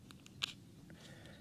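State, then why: Seated. A replacement plastic lid is pressed onto the top of a hydroponic seed-pod grow basket. A few faint ticks lead up to one sharp, bright click at 0.4 s as it snaps into place, followed by a softer tick near 0.9 s. The lid is seated snugly on the basket.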